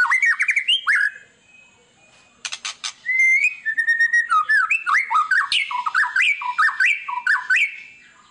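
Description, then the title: White-rumped shama song: loud whistled phrases swooping up and down, a pause, harsh rasping bursts, then rapid varied whistled notes to the end. Lure song of a white-rumped shama, said to make other birds respond at once on a single hearing; described as gacor, singing persistently. "PANCINGAN MEWAH MURAI BATU GACOR, SEKALI DENGAR AMPUH LANGSUNG RESPON"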